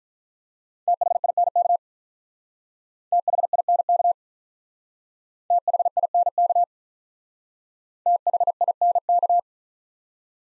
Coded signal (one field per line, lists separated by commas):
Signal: Morse code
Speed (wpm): 43 wpm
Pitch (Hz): 700 Hz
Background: none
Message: THINK THINK THINK THINK